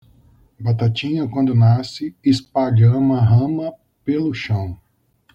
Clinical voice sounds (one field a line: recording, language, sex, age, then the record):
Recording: short text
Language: Brazilian Portuguese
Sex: male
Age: 40 to 49 years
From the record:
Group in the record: control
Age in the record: 43 years